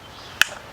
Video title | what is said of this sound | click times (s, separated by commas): Kia Forte Optima Soul Hyundai Elantra Sonata Tucson Timing Chain Replacement - Part 4 | Plug each up until they snap into place. | 0.4 s